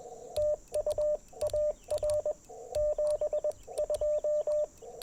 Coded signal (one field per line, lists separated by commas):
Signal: Morse code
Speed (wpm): 22 wpm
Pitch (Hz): 600 Hz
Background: radio noise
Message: TU AR 72